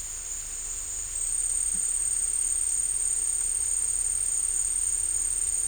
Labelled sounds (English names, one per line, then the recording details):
none
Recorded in secondary vegetation near Puerto Asís, Putumayo, Colombia, on 20 December 2024 at 15:00
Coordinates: 0.484, -76.319
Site GP06